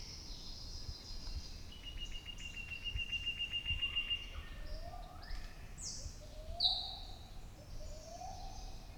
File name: Psophodes Olivaceus